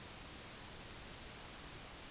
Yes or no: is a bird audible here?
no